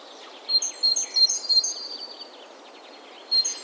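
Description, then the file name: Great tit song: a bright phrase of four quick ringing units, with another starting near the end. "Parus major"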